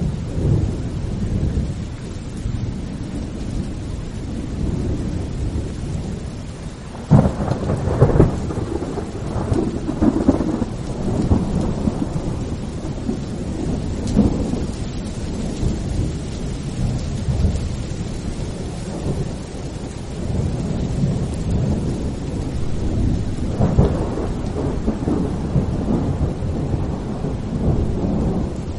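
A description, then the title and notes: Steady rain falls over a low, rumbling harbor wash, with heavier gusty surges near seven, fourteen and twenty-four seconds. Sleeping Atmosphere At The Pier On A Rainy Day In A Port Town. Raindrops kept beating on the calm, lapping water of the pier.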